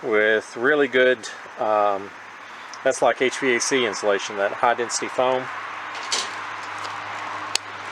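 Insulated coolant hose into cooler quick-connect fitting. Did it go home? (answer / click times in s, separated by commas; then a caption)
yes / 7.6 s. Someone talks over a steady low hum as an insulated coolant hose, wrapped in high-density foam like HVAC insulation, from a CompCooler personal cooling shirt system is pushed into its quick-connect fitting on the cooler unit. A single sharp click at 7.6 seconds shows the hose snapping into place, seated.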